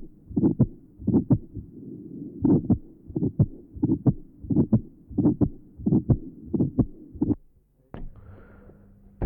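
Heart by stethoscope at the pulmonary area: ventricular septal defect with marked pulmonary hypertension. An ejection sound, a short ejection systolic murmur and a very loud pulmonary closure sound are heard, with a short early diastolic murmur in this area.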